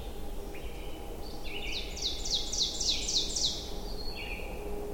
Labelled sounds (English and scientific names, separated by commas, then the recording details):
Ovenbird (Seiurus aurocapilla) song
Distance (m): 30 m
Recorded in boreal forest in Alberta, Canada, on 22 June 2016 at 05:37
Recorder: SongMeter 3, array SBT-6-76
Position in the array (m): 150 m, 110 m
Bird 3